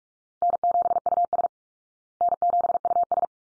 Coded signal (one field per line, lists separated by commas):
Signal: Morse code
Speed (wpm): 44 wpm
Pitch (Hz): 700 Hz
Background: none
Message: N7US N7US